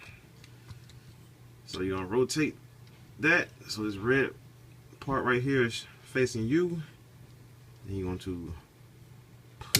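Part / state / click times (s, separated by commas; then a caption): plastic part of a transforming figure pushed into its seat / seated / 9.8 s. Someone talks while handling a Toyworld TW-H02 Brainwave transforming figure, rotating the wing part so its red part faces the viewer, with a few faint ticks in the background. A plastic part of the figure is then pushed into its seat, and a sharp click at 9.8 s marks it seating into place.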